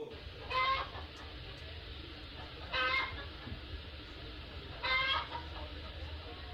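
A hen clucks in three short, bright bursts spaced about two seconds apart, each a quick cluster of raspy notes over a steady low rumble of background noise.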